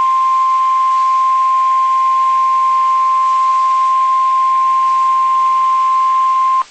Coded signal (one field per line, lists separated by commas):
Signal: Emergency Alert System (SAME) tones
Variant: 1050 Hz attention tone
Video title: EAS #116-119 (Four Severe Thunderstorm Warnings)